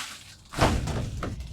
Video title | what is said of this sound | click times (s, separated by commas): Incredible Tonneau Cover for Under $200 - 2019-2022 Chevy Silverado & GMC Sierra | and it locks into place super easy and pretty secure so the yida motor | 1.2 s